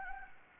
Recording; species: mosquito wingbeat signal from an infrared sensor; Anopheles gambiae